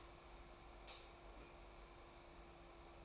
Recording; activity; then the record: daily activity, microphone in the room; light on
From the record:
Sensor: 1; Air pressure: 991.0 hPa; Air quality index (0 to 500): 108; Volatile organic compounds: 97 ppm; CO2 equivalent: 3735 ppm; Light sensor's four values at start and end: 22/51/22/24 and 26/66/27/29